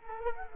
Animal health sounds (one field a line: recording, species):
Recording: mosquito wingbeat signal from an infrared sensor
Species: Culex quinquefasciatus